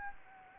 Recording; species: mosquito wingbeat signal from an infrared sensor; Anopheles gambiae